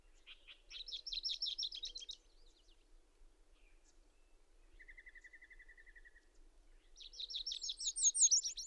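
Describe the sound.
Bird song in two bursts of fast high chattering notes, separated by a thin level trill.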